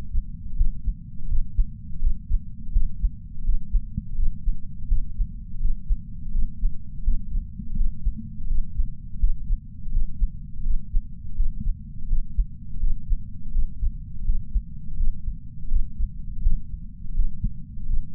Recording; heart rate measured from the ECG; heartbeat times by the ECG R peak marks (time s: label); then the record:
heart sounds by patch sensor on the chest; 83 bpm
0.57 s: heartbeat
1.29 s: heartbeat
2.00 s: heartbeat
2.72 s: heartbeat
3.44 s: heartbeat
4.16 s: heartbeat
4.88 s: heartbeat
5.60 s: heartbeat
6.32 s: heartbeat
7.04 s: heartbeat
7.76 s: heartbeat
8.48 s: heartbeat
9.20 s: heartbeat
9.92 s: heartbeat
10.64 s: heartbeat
11.36 s: heartbeat
12.08 s: heartbeat
12.80 s: heartbeat
13.52 s: heartbeat
14.25 s: heartbeat
14.97 s: heartbeat
15.69 s: heartbeat
16.42 s: heartbeat
17.15 s: heartbeat
17.87 s: heartbeat
From the record:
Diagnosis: coronary artery disease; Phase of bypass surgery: postoperative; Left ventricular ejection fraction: 56.8%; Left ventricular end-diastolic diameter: 44 mm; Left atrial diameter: 32 mm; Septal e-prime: 5.7 cm/s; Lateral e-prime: 6.1 cm/s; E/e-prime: 10.2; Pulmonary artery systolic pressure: 32 mmHg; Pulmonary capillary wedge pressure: 12 mmHg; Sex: male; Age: 65 years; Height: 165 cm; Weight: 60 kg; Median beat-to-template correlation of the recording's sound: 0.87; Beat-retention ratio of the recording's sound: 1.00